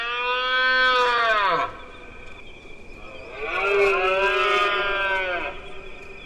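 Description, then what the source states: Red deer rutting bellows, two long harmonic calls separated by a short pause, the first ending in a downward slide. Autumn rut bellowing (berrea) of deer in a park in Madrid, played on air; it sounded like a horn being blown.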